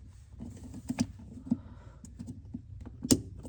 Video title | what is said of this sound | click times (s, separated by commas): Jeep Wrangler 2 door/gettin ready for Trail Jam ,Loretta Lynn Ranch | there it goes you heard it click | 3.1 s